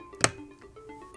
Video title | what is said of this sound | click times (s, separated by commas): ThinkCentre M83 / M93p Tiny Desktop - Coin Cell Battery Replacement | and then press down until it locks into place. | 0.2 s